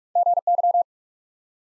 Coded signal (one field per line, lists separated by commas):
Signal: Morse code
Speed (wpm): 45 wpm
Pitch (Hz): 700 Hz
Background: none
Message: GY